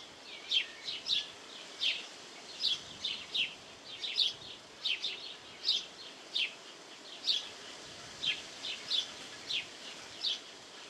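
House sparrow giving short, clipped chirps in loose, uneven runs, with brief gaps between bursts.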